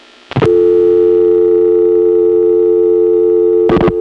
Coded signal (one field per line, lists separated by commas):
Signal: telephone call progress tone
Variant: North America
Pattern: dial tone